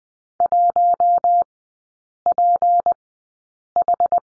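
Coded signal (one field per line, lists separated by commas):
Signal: Morse code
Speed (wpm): 20 wpm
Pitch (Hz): 700 Hz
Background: none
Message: 1PH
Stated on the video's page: Morse course lesson on the number 7, three characters, Farnsworth speed 20/10 wpm.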